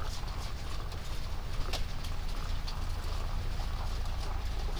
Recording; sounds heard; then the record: poultry house recording; sick chickens (respiratory disease)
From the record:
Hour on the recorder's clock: 0